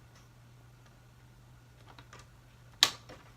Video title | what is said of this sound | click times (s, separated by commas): Laptop screen replacement / How to replace laptop screen [HP Pavilion DM4-3099SE] | just all snaps right into place now | 2.8 s